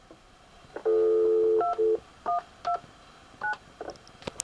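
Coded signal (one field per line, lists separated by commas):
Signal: DTMF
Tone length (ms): 130 ms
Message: 2129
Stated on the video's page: Telephone tones from a demonstration of the Call Waiting Deluxe calling feature, using a Type II Caller ID generator.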